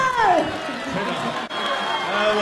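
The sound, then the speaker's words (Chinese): An audience cheering and jeering in a loud, steady wash of many voices, with rising whoops and shouts poking out above the din for a couple of seconds. “哇，起哄啊！”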